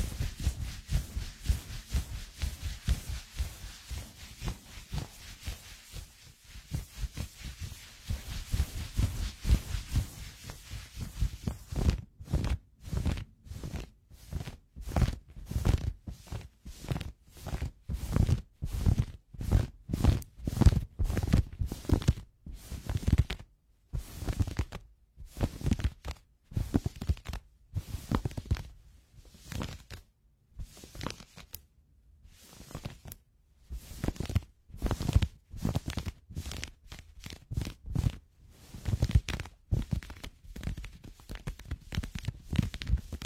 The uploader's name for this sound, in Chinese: 摩擦贴身睡衣